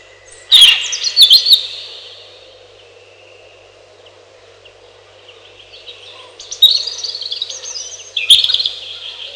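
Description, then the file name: European robin song: a brief burst of high, tinkling, rapidly varied notes, a pause, then another longer warbling phrase, over a steady low hum. "малиновка"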